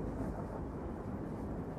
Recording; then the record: background sound without coughing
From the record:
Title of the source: Train Ride Ambience ambient white noise for sleeping, focus, studying, reading